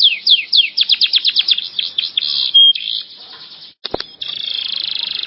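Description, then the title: Canary singing a quick series of sweeping notes, a thin whistle, then a short pause and a rapid rattling trill. "Kenari"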